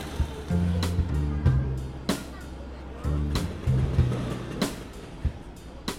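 Harbour ambience with a passing car: a steady wash of waves and water with a low droning engine hum rising and falling, broken by several sharp, clattering knocks at irregular intervals.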